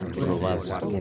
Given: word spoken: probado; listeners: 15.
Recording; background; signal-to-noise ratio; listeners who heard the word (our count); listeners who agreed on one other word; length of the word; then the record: one Spanish word in noise, from a listening test; eight-talker babble; -0.6 dB; 0 of 15; 8 of 15; 0.61 s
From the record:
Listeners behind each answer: 8, 3, 1, 1, 1, 1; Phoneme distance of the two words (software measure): 34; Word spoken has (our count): 3 syllables, 7 phonemes, stress on syllable 2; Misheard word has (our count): 2 syllables, 5 phonemes, stress on syllable 2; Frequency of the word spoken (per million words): 10.51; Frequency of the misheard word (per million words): 8.13